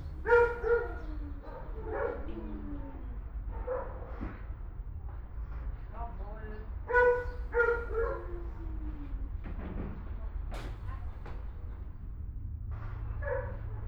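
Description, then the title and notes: Dogs giving scattered barks and drawn-out, falling whining yelps in small bursts, over a steady low rumble. Dogs barking in the dog department of the Albert Schweitzer animal shelter, Altenessen-Süd, Essen, Germany, as a dog returns from a walk. "Altenessen - Süd, Essen, Deutschland - essen, albert schweitzer tierheim, dogs. Im Albert Schweitzer Tierheim in der Hunde Abteilung. Die Klänge von Hundegebell als ein Tier vom "Gassi"- Gehen zurück kehrt. Projekt - Stadtklang//: Hörorte"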